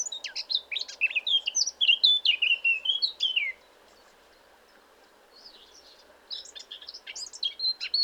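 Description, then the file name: Eurasian blackcap song: a loud warbling phrase of fluty, sliding whistles, about two seconds of quiet, then a second, softer twittering phrase begins. "Sylvia atricapilla"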